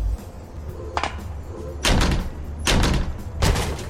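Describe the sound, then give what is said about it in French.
A door is battered with heavy blows, one softer knock followed by three loud, booming slams at roughly regular intervals over a low, steady rumble. “La porte ne résistera plus très longtemps, tu sais.”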